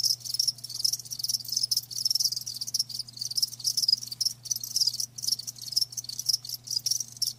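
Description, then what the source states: High-pitched cricket chirping in fast pulsed runs, nearly unbroken, with a soft steady low hum in the background. Crickets chirping; a lulling song offered to help you fall asleep.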